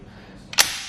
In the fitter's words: they're gonna hear a loud audible click letting you know it's locked in place